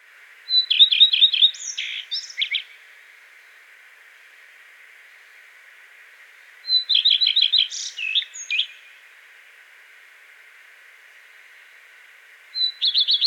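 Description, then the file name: Common redstart singing a short phrase roughly every six seconds, with an opening note, a fast repeated trill and a twittering close, against constant background hiss. "Phoenicurus phoenicurus"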